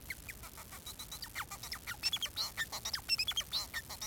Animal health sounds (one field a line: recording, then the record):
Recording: song of a male Bengalese finch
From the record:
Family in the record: son of father 4